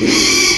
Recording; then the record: squeal of a Yucatan mini pig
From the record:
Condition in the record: after surgery on the right vocal fold (resection and tissue-engineered implant); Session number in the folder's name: 2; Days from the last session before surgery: 13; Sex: male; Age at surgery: 12 weeks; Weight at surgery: 13 kg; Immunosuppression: cyclosporine, prednisolone